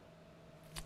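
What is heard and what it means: The diopter correction lock on the eyepiece of a Seiler dental microscope is turned to lock the correction. Over a low, steady hum, a short, soft click sounds at 0.8 s as the lock seats into place.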